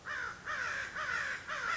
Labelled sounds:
American Crow (Corvus brachyrhynchos)

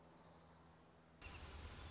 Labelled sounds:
Orange-crowned Warbler (Leiothlypis celata)

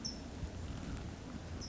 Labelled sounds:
California Towhee (Melozone crissalis)

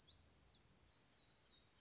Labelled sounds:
Black-throated Gray Warbler (Setophaga nigrescens)

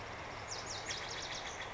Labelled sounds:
Lazuli Bunting (Passerina amoena)

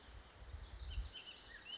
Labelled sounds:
Bullock's Oriole (Icterus bullockii)

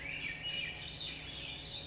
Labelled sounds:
Swainson's Thrush (Catharus ustulatus)

